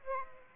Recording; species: mosquito wingbeat signal from an infrared sensor; Aedes aegypti